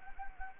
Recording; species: mosquito wingbeat signal from an infrared sensor; Anopheles gambiae